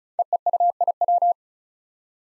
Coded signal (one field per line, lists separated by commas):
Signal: Morse code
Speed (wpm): 36 wpm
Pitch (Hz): 700 Hz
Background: none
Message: EEUIW